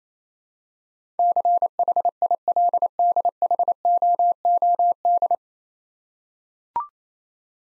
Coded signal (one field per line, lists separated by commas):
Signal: Morse code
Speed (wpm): 29 wpm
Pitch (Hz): 700 Hz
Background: none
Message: CHILDHOOD